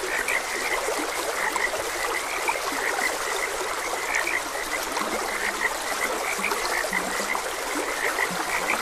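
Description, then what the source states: Frogs calling with dense, repeated short croaks, a few lower notes now and then, over continuous running stream water. Frogs croaking beside a gentle stream.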